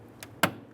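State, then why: Seated. A wiring harness plug is lined up and pressed onto the brake light bulb socket in the tail light of a 2012-2017 Toyota Camry. A faint tap comes at 0.2 s, then a sharp plastic click at 0.4 s. The connector locks into place, fully seated.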